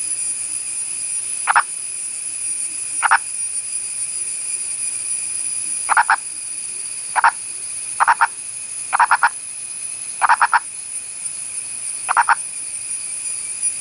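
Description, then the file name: Purple frog giving brief clucks, singly or in quick runs of two or three, spaced irregularly. Purple frog of India, a burrowing species; recording documents its vocal behaviour. "Elusive Purple Frog of India"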